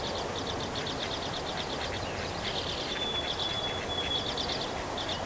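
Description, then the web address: Bird twittering in quick high chirps, joined by a single long level whistle, over constant low background hum. 3 May 2023. "gemlog starlog audio bird song 20230503"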